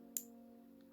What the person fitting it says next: hear the click.